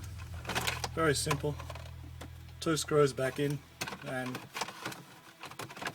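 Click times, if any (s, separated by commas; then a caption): 5.6 s. Someone talks while a plastic dashboard trim piece around the COMAND monitor of a Mercedes W204 C Class is pushed back into place after two screws are refitted. A few short taps and rattles are heard, and the panel snaps into place with a sharp click at 5.6 s.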